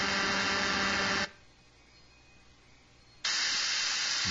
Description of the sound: 200 hertz impulse wave. The range of identified frequencies and waveforms that these people with tinnitus have to try to exist with.